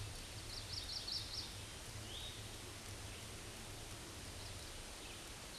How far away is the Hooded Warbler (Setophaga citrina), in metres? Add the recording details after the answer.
about 10 m. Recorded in a Pennsylvania forest on 18 May 2023 at 09:34. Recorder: AudioMoth, point grid1_30_low. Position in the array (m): 188 m, 83 m